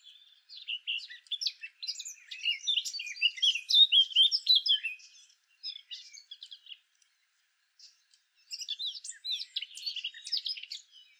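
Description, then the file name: Eurasian blackcap song, a long fast warble of mixed high chirps and scratchy notes in two bursts with a short pause between, in otherwise quiet surroundings. "Sylvia atricapilla"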